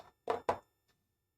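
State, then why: Seated. A plastic building-set part for a robot's legs is pushed into the leg assembly, with a first knock at 0.3 s and a sharper snap at 0.5 s as it clicks into place. A faint tick follows near 0.9 s, and the part is seated.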